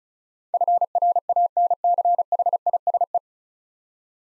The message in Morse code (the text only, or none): FRANCHISE